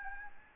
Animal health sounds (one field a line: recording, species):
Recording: mosquito wingbeat signal from an infrared sensor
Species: Aedes albopictus